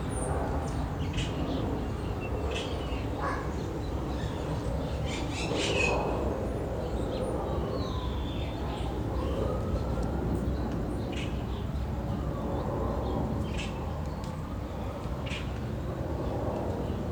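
A Saturday morning backyard in Phoenix, Arizona, with a steady low rumble, likely a plane, running through the whole clip. Short bird calls and chirps pop up every second or two, with a brighter cluster around six seconds and a few sliding whistles near ten.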